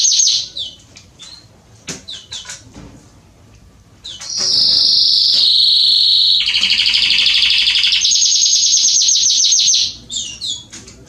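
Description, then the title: Belgian canary song: a few scattered chirps, then about six seconds of loud, continuous rapid trills that shift pitch step by step, then chirps again. Male Belgian canary singing a lot; recording made to warm up and train young canaries. "Esquente Seu Filhote E Canario Belga Em 30 Minutos Macho Cantando Muito. CANTO DO CANRIO"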